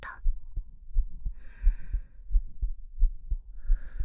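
A woman's own heartbeat, heard with an ear against her chest: steady, soft low thumps in regular lub-dub pairs at about 87 beats a minute, muffled through the chest wall. Brief rustling hiss from contact noise is heard between some beats.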